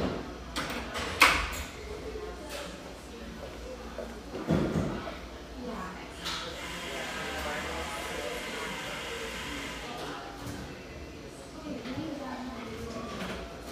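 A humming café with a steady bed of overlapping voices and low rumble throughout. Sharp knocks and clatters stand out near the start and around four to five seconds, and brief bright clinks and a rising tone drift through the chatter later on.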